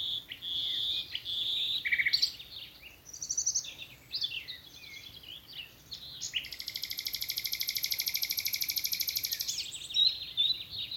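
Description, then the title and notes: Common nightingale song: a few varied whistled and chirping phrases, then a long, rapid, buzzy pulsed trill lasting about three seconds before the phrases resume. Several nightingales singing in the evening as dew falls, from thickets in a wood at Alners Gorse nature reserve, Dorset, run by Butterfly Conservation. "Sound Escape 11: the glorious song of nightingales from a Dorset wood. BBC Countryfile Magazine. it's evening at Alners Gorse, a nature reserve in Dorset run by Butterfly Conservation. As the dew falls, the extraordinary song of nightingales rises from the thickets. Recorded by Martin Maudsley"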